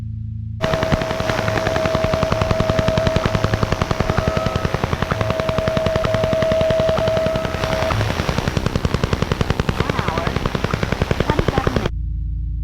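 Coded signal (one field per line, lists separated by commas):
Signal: radar signal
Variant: Russian Woodpecker (Duga)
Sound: rapid harsh tapping about ten per second over static, with a steady tone underneath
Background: radio static, time-station tone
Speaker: This is what operators were actually hearing. Somebody recorded it off the air on the 2nd of November 1984 while an American time station was trying to read out the time underneath it and released the tape into the public domain.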